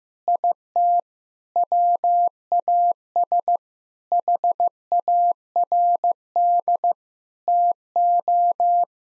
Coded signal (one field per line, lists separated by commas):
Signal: Morse code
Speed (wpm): 15 wpm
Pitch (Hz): 700 Hz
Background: none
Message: IT WAS HARD TO